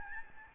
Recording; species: mosquito wingbeat signal from an infrared sensor; Aedes albopictus